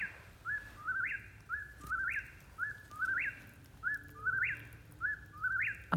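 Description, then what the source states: Eastern Whip-poor-will song, a whistled phrase with a sharp upward sweep, repeated about once a second over low background noise. Repetitive song at night around 8:20 pm beside a firepit; sometimes speeds up or slows down, continues all night.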